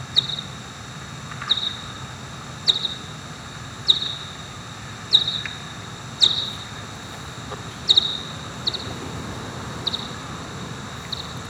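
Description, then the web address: Bat calls: sharp, steeply downward-sweeping chirps repeated roughly once a second over a low steady background hiss. "wilkinson SFT Bat"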